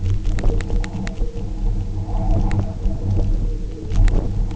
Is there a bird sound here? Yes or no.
no